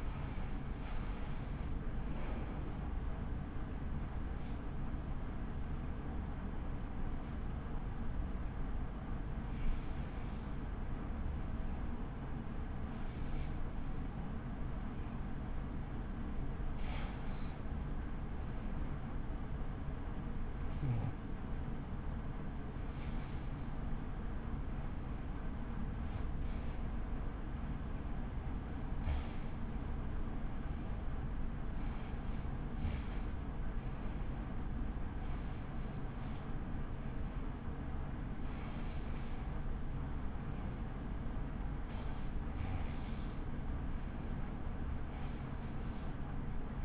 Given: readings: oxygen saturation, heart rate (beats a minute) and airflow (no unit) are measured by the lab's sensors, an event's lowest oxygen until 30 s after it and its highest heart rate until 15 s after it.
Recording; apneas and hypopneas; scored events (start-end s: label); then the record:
breathing in sleep by a smartphone at the bedside; 1
7.00-29.50 s: hypopnea (REM, oxygen 94% highest, then 90% lowest, heart rate 57 at the start, 61 highest)
From the record:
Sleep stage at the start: REM sleep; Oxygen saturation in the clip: 92 to 94%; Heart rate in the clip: 40 to 65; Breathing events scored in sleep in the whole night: 83 in 6.1 hours asleep